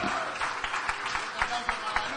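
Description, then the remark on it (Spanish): Applause from an audience: a dense wash of many hands clapping, with sharper claps popping out at a steady rhythm over a low murmur of voices. “fuertes aplausos.”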